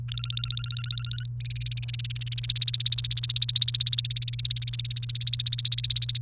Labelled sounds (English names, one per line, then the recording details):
Domestic Canary song
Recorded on 29 April 2018 at 17:44
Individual llb3